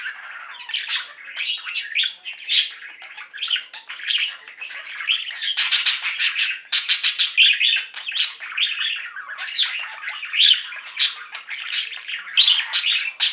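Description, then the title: Budgerigar warbling in a continuous chatter of buzzy chirps and rapid clicks, with brief sharp high notes scattered throughout and a dense burst of clicking near the middle. "Budgie Sounds"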